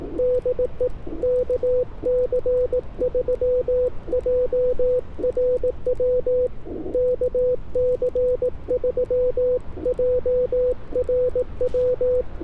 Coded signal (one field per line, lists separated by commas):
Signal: Morse code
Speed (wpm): 18 wpm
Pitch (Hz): 500 Hz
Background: radio noise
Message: DE KC3JRW KC3JRW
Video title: Getting my First Ever POTA Kilo at Fort Ord Dunes State Park With an 18 WPM CW Activation